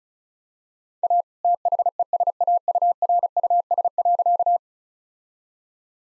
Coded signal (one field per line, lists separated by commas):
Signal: Morse code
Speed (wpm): 36 wpm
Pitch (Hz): 700 Hz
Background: none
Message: A THESAURUS.